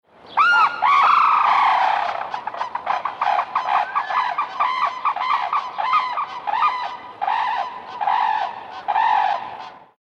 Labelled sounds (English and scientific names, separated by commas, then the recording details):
Sarus Crane (Grus antigone)
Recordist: Tembrock, Günter
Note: Duett eines Paares